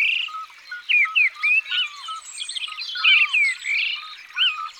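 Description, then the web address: Common nightingale singing loud, clear whistled phrases and quick slurred notes in short bursts, with a soft repeated note underneath. "Rossignol-philomele abc-de-la-nature"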